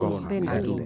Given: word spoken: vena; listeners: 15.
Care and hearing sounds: one Spanish word in noise, from a listening test; four-talker babble; -1.0 dB; 0 of 15; 11 of 15; 0.46 s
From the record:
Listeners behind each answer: 11, 1, 1, 1, 1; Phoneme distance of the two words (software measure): 10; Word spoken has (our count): 2 syllables, 4 phonemes, stress on syllable 1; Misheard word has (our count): 2 syllables, 4 phonemes, stress on syllable 1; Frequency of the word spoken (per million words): 5.27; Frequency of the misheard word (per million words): 80.44

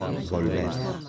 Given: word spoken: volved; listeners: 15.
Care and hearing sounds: one Spanish word in noise, from a listening test; eight-talker babble; -0.9 dB; 0 of 15; 7 of 15; 0.69 s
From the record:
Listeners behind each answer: 7, 1, 1, 1, 1, 1, 1, 1, 1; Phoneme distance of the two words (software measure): 10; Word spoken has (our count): 2 syllables, 6 phonemes, stress on syllable 2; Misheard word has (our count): 2 syllables, 6 phonemes, stress on syllable 2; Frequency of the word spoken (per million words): 0.19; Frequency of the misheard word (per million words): 110.76

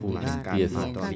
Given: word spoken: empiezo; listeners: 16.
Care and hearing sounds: one Spanish word in noise, from a listening test; four-talker babble; 0.9 dB; 1 of 16; 7 of 16; 0.76 s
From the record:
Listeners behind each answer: 7, 3, 1, 1, 1, 1, 1, 1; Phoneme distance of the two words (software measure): 27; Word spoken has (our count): 3 syllables, 7 phonemes, stress on syllable 2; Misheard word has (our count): 3 syllables, 8 phonemes, stress on syllable 2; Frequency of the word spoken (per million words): 4.75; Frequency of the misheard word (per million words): 26.45

